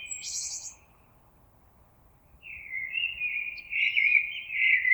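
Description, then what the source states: Common blackbird song: a high, squeaky twitter ends one phrase, and after a pause a long, mellow warble follows. On 26 April 2022.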